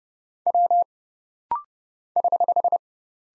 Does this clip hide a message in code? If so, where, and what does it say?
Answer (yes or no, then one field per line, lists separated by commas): yes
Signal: Morse code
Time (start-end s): 0.5-2.8 s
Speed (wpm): 30 wpm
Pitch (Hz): 700 Hz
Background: none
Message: W <HH>